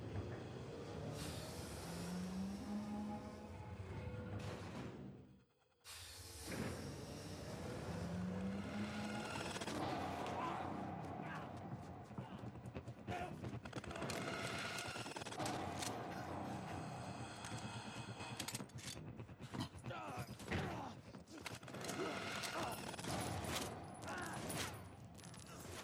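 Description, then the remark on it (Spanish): Loud, dense film sound effects played in reverse, with rushing, swelling bursts and rapid gunfire-like crackles layered over engine-like roaring, broken by one brief near-silent gap early on. No one speaks. “vamos a ver un mundo normal y el protagonista a tiempo normal, que esta vez, como están desde la perspectiva del invertido, van a sonar invertidos, y el que estaba invertido antes va a sonar normal.”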